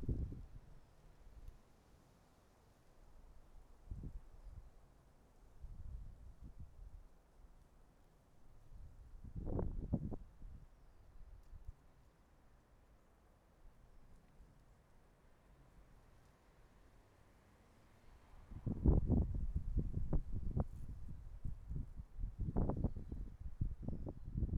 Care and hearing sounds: everyday scene through a hearing-aid microphone; wind on the microphone; wind, traffic, birds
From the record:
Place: suburban garden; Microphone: behind the ear, right, front

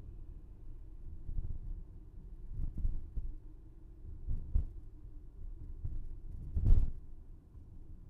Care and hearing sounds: everyday scene through a hearing-aid microphone; in a vehicle; engine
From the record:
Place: VW T5 Caravelle, diesel engine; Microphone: behind the ear, left, rear

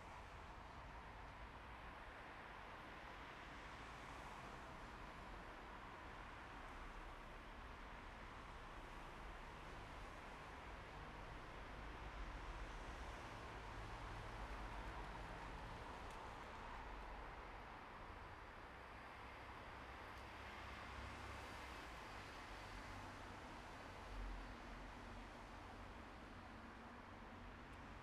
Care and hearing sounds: everyday scene through a hearing-aid microphone; in traffic; traffic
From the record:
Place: bus stop on a city main road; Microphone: behind the ear, right, rear

